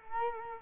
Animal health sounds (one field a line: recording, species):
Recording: mosquito wingbeat signal from an infrared sensor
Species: Culex quinquefasciatus